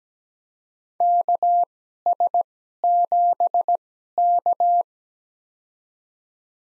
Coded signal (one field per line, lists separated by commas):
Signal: Morse code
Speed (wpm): 17 wpm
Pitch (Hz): 700 Hz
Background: none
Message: KS7K